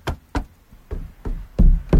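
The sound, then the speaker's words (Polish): A fist thumps a car bonnet about six times in an uneven rhythm, done to scare out cats hiding under the bonnet of a car parked outdoors on cold days; each knock a dull, hollow bang with a low resonant ring, the last two heavier and louder. No one speaks. “Warto jest zawsze ostukać maskę samochodu, klepnąć pięścią w maskę.”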